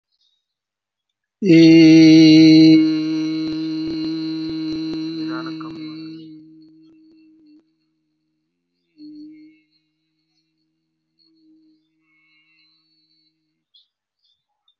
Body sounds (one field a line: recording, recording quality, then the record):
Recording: sustained vowel as in beet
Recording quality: excellent, no background noise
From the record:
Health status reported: COVID-19 positive, no symptoms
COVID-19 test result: positive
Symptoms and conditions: diabetes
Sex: male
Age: 47 years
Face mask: worn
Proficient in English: no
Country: India